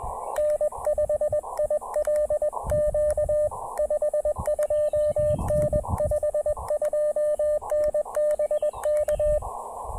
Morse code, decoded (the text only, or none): N5ILQ 52N 52N BK